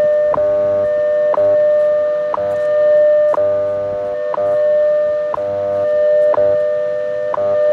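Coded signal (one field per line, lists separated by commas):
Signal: radio time signal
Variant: WWV and WWVH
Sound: steady 600 Hz hum-like tone interrupted by a sharp tick each second, 8 ticks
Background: radio static, slow fading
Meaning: Each click marks one second; the steady tone is the standard audio tone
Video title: WWV and WWVH, ~10 MHz from San Francisco, California -- 2:24, 2 Jun 2020 (UTC)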